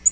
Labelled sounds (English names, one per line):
Tennessee Warbler flight call